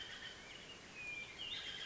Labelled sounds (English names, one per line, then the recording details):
Hermit Thrush
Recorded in Sonoma County, California